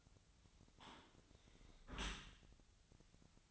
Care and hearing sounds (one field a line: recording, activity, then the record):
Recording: daily activity, microphone in the room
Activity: close dishwasher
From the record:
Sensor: 3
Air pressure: 1003.1 hPa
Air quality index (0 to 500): 197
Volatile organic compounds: 6 ppm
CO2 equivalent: 1921 ppm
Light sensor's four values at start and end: 35/86/37/40 and 35/86/37/40